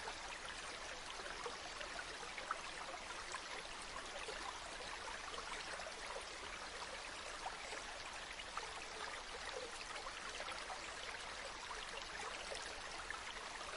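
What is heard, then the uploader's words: A river runs steadily and close by, a dense, unbroken rush of splashing water that stays even from start to finish. The sound sits mostly in the bright hiss and mid-range burble, with little low rumble. Small droplet splashes flicker throughout. Relaxing River Sounds. Calming sounds of rivers, streams, and running water.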